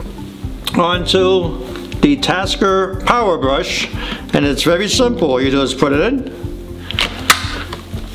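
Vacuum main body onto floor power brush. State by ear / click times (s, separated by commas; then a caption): seated / 7.3 s. A Belife cordless stick vacuum's main body is pushed onto the floor power brush while someone talks. Short sharp knocks come near 6.9 and 7.0 seconds, then the main body clicks onto the power brush at 7.3 seconds and is seated.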